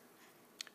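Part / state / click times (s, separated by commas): spring-loaded clamp arm of a tablet tripod mount around a tablet / seated / 0.6 s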